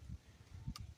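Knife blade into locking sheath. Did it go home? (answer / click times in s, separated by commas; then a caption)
yes / 0.8 s. A large knife is pushed back into a locking sheath carried upside down, with low handling rumble and rustle before a single sharp, bright click at 0.8 s. The blade locks into place so it cannot come out.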